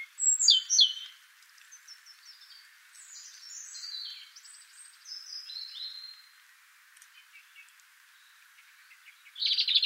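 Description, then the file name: European robin song opening with a loud, sparkling flourish, followed by a long run of thin, descending, whistled notes and a final loud burst. "Erithacus rubecula"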